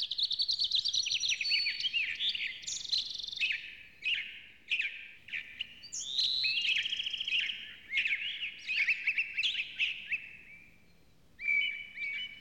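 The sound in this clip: Bird singing in bursts of high, jumbled twitters and swooping notes, broken by short gaps, ending with a few whistled notes.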